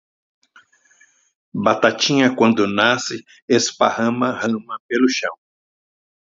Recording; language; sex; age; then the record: short text; Brazilian Portuguese; male; 70 to 79 years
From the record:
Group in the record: control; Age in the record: 70 years